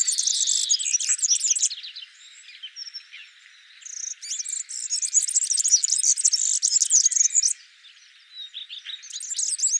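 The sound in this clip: European serin song: very high, fast jingling buzzy twitter in bursts, pausing briefly then resuming, with faint thin calls between phrases.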